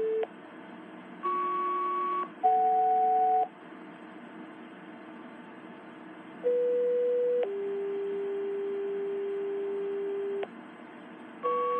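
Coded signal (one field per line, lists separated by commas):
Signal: two-tone page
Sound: steady paging tones: two dual-tone beeps, then a short tone and a long lower tone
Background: faint hiss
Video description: this is me sending out pager tones to my ht1000 requested by FireAlarmMaster623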